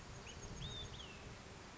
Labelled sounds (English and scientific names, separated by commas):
Olive-sided Flycatcher (Contopus cooperi)